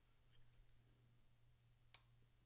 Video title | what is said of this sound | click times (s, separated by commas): 1395. Pre-assembly of a Brunswick Ultona reproducer | hear the click | 1.9 s